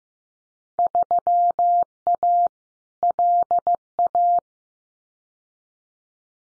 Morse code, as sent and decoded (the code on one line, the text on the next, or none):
...-- .- / .-.. .-
3A LA